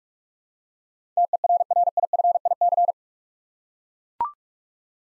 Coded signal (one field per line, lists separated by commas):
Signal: Morse code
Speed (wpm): 42 wpm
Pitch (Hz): 700 Hz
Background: none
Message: TERRIFIC